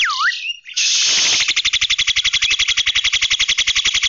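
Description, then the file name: Javan myna gives a dipping whistled note, then a sustained grating, rapidly pulsed rasp. "suara jalak kerbau"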